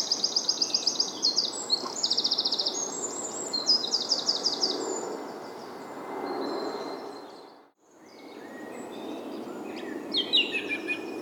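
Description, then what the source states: Bird song opening with rapid buzzy high trills in several bursts, then a lull and more thin high notes, over steady background noise. Soundscape.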